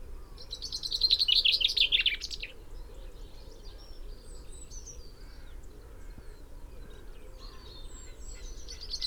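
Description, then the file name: Common chaffinch song: one fast, rattling phrase of about two seconds descending in pitch, then faint high notes over soft hiss. "Fringilla coelebs"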